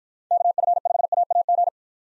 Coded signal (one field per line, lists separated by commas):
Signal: Morse code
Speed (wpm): 47 wpm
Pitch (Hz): 700 Hz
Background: none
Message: KF5AAG